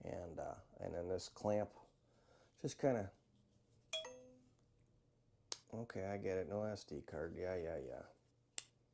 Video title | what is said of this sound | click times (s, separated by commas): Why I'm Exchanging My DJI Action 3 Camera | There we go, snap, snap, snap, snap, snap. | 8.6 s